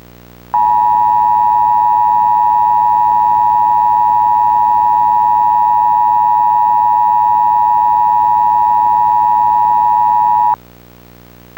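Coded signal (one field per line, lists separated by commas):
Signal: Emergency Alert System (SAME) tones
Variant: 853 and 960 Hz attention tone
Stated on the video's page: Recreation of an EAS activation for a 2008 banking scam.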